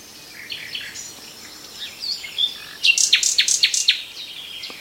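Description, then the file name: Common nightingale singing varied soft notes, then a loud rapid series of repeated sharp chirps. "Nachtegaal"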